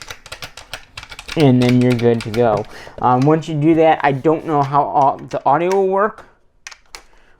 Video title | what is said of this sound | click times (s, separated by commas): New Camcorder Unboxing | Oh, okay, so you push down, and then it locks. | 6.7 s, 7.0 s